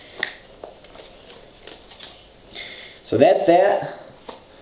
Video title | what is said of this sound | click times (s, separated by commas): Virtue Vio Ascend Unboxing G.I Sports LVL Unboxing. Best Mid Range Setup? | how does this okay so that just snaps into place like that that's that oh so the lens is actually fairly easy to take apart | 0.2 s